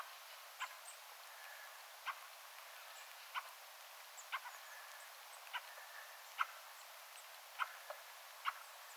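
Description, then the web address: Fieldfare giving single dry chack calls at uneven intervals, with faint thin whistled tones behind. Attention-seeking calls of a fieldfare, with a second and third fieldfare calling in the background; recorded 17 December 2024. "17 12 2024 rakattirastaan huomioaantelya taustalla toinen ja kolmaskin rakattirastas"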